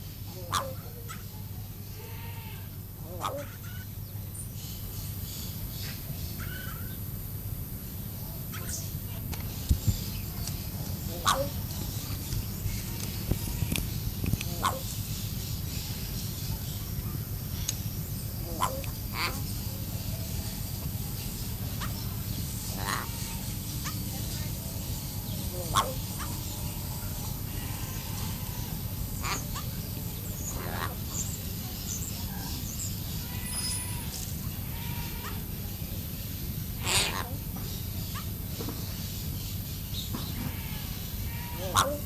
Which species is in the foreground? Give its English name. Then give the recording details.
Yellow-faced Myna. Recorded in captivity. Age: adult. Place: Zoo Halle, Sachsen-Anhalt, DE. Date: 2005-10-10 11:50. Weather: overcast, 10°C. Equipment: Panasonic RQ-2102, Sennheiser ME 80, Kopie Uher 4000 Report Monitor. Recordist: Tembrock, Günter